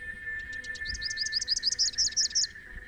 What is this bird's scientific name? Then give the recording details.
Basileuterus rufifrons. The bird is a male. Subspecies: rufifrons. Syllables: 23. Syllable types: 5. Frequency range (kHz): 2.7-6.9 kHz. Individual SP-R07-M